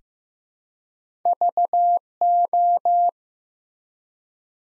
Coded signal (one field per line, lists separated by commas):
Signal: Morse code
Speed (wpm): 15 wpm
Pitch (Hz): 700 Hz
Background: none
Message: VO